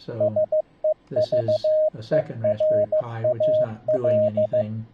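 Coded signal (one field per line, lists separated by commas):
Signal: Morse code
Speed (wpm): 15 wpm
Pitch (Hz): 620 Hz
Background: speech, radio noise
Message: SEVERAL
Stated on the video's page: CW ebook practice from an iCW eBook keyer, streamed through a Raspberry Pi's USB sound card to a Mumble iCW server.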